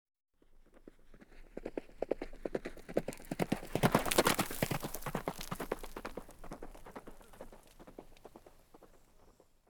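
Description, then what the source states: Horse hoofbeats in a canter, growing louder to a peak around four seconds, then fading away as it passes. Horse cantering past on dirt.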